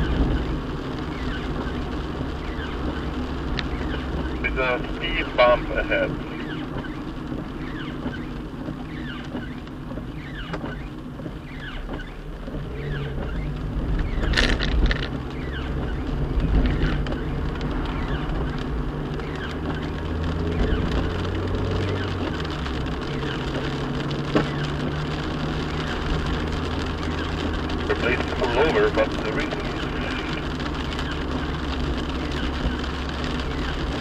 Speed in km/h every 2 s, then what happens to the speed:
40, 39, 39, 32, 23, 18, 18, 26, 27, 31, 35, 39, 42, 45, 44, 42, 40.
4-9 brakes to 18. 12-25 speeds up to 45. 25-34 steady at about 42.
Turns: none.